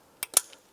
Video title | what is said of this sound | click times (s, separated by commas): How to Replace Knock Sensor 2004-2008 Acura TL | Press that on. You'll hear that click and lock into place. | 0.2 s, 0.4 s